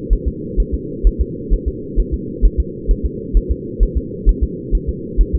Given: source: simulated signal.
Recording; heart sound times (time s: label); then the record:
fetal heart sounds
0.13 s: S1
0.28 s: S2
0.60 s: S1
0.74 s: S2
1.07 s: S1
1.21 s: S2
1.53 s: S1
1.68 s: S2
1.99 s: S1
2.14 s: S2
2.45 s: S1
2.60 s: S2
2.91 s: S1
3.06 s: S2
3.37 s: S1
3.51 s: S2
3.83 s: S1
3.97 s: S2
4.29 s: S1
4.44 s: S2
4.75 s: S1
4.89 s: S2
5.21 s: S1
5.35 s: S2
From the record:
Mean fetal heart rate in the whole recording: 130 bpm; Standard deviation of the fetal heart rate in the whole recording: 2 bpm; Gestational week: 36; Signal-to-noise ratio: -4.1 dB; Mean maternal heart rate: no maternal heart sound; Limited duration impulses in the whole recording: absent